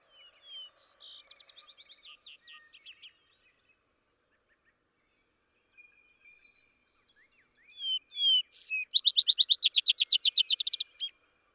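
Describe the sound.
Vesper sparrow song: a soft trill early, a quiet gap, then loud slurred introductory notes leading into a rapid, ringing trill.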